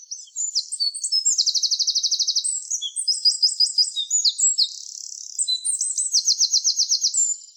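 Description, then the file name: Eurasian wren singing a loud, rapid, high-pitched song of fast trills and sharp twittering notes, with rattling bursts repeated throughout. "Troglodytes troglodytes"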